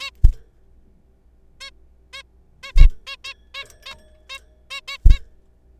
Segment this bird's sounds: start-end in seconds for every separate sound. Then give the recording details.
0.01-0.11, 1.60-1.70, 2.13-2.23, 2.63-2.73, 2.77-2.87, 3.07-3.16, 3.25-3.34, 3.54-3.64, 3.86-3.94, 4.29-4.39, 4.71-4.80, 4.88-4.97, 5.10-5.19. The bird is a juvenile. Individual R3428